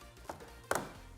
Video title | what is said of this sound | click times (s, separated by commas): How To Upgrade Laptop Ram | until you hear those clicks there you go | 0.7 s, 0.8 s